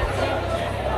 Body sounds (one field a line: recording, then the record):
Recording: background sound without coughing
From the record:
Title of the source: CITY SOUNDS Busy Bar in the Evening Night - 2 HOURS of Ambiance for Relaxation